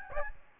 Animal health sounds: mosquito wingbeat signal from an infrared sensor; Aedes albopictus

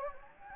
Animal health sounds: mosquito wingbeat signal from an infrared sensor; Anopheles gambiae

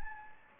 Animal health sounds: mosquito wingbeat signal from an infrared sensor; Anopheles gambiae

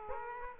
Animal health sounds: mosquito wingbeat signal from an infrared sensor; Aedes aegypti

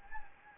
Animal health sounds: mosquito wingbeat signal from an infrared sensor; Anopheles gambiae

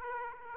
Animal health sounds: mosquito wingbeat signal from an infrared sensor; Aedes aegypti

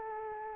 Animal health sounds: mosquito wingbeat signal from an infrared sensor; Anopheles arabiensis

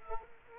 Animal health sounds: mosquito wingbeat signal from an infrared sensor; Culex quinquefasciatus

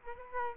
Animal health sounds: mosquito wingbeat signal from an infrared sensor; Culex quinquefasciatus

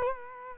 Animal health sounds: mosquito wingbeat signal from an infrared sensor; Culex quinquefasciatus

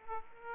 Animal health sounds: mosquito wingbeat signal from an infrared sensor; Aedes aegypti

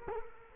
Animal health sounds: mosquito wingbeat signal from an infrared sensor; Culex quinquefasciatus

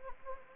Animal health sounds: mosquito wingbeat signal from an infrared sensor; Anopheles gambiae

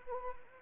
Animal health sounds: mosquito wingbeat signal from an infrared sensor; Anopheles arabiensis

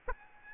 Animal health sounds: mosquito wingbeat signal from an infrared sensor; Aedes albopictus

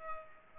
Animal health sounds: mosquito wingbeat signal from an infrared sensor; Culex pipiens

